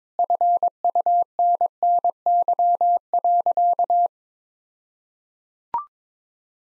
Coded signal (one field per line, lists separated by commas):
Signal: Morse code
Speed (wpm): 22 wpm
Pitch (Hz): 700 Hz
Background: none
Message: FUNNY.